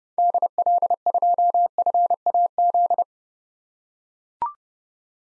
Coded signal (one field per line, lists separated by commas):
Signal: Morse code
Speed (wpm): 32 wpm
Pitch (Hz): 700 Hz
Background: none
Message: DL2FAZ